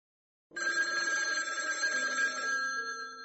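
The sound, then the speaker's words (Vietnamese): A telephone bell rings continuously in a bedroom after a brief silence, a bright metallic trill with steady, sustained tones that stays loud throughout and fades slightly at the end. “Chuông điện thoại trong phòng ngủ reo lên.”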